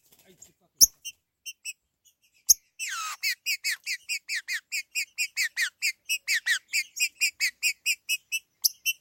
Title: Trinca Ferro